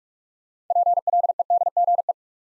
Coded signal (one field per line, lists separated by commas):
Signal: Morse code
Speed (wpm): 46 wpm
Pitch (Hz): 700 Hz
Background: none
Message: PLEDGE